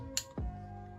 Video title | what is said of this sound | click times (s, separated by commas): Cara Upgrade RAM dan SSD NVMe - Dell Inspiron 14 3000 3481 | kedengeran ya Nah itu caranya gampang banget jadi ya kita | 0.2 s